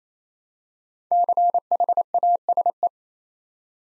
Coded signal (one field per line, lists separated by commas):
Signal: Morse code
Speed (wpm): 28 wpm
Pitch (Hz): 700 Hz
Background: none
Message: CHASE